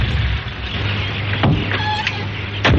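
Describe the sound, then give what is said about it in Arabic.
The metal gate of Villa Narges rumbles and grinds open over a steady low hum, with a few sharp clanks and a brief high-pitched squeal partway through. “طب من فضلك افتح البوابة، أنا عاوز أقابلها.”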